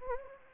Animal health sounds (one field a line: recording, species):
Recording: mosquito wingbeat signal from an infrared sensor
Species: Anopheles gambiae